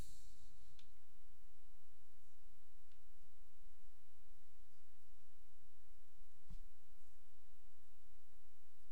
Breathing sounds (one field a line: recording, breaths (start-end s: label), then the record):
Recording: nose breathing near a microphone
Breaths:
0.00-0.66 s: exhalation
From the record:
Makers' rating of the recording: medium